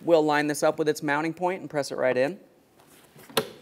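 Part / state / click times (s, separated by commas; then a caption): power liftgate actuator socket onto body ball stud / seated / 3.4 s. A new power liftgate actuator for a 2011-2021 Jeep Grand Cherokee has its lower-end socket lined up with the ball-stud mounting point on the vehicle body and pressed on. Someone talks for about two seconds, then after a quiet pause a sharp, loud click at 3.4 s marks the socket snapping onto the stud and seating.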